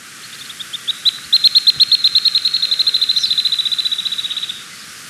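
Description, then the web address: White-chinned thistletail song: a high, thin trill of clipped notes that starts slow, speeds into an even, rapid series for about three seconds, then stops; faint background hiss. Ecuador. "Birds of Ecuador 2. White-Chinned Thistletail"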